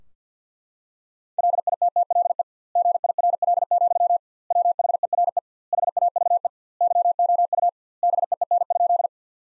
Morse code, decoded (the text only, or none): LITTLE GIRL, WHERE HAVE YOU BEEN?